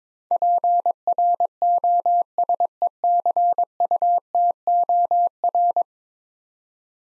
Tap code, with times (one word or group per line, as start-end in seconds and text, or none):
none